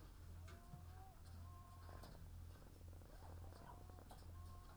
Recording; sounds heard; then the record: poultry house recording; sick chickens (respiratory disease)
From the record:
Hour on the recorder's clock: 17